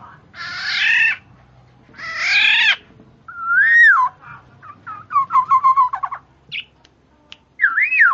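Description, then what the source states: Black-naped oriole calls: two long harsh nasal mewing notes, then a looping whistle and a burst of quick clipped notes ending in another curling whistle. Female; chattering (ocehan), described as special and effective for 'panci'.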